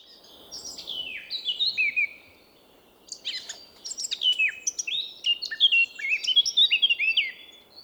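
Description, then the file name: Eurasian blackcap singing rapid, varied warbling phrases of twittering and clear whistled notes, one brief strophe then a longer run after a short gap. "Sylvia atricapilla"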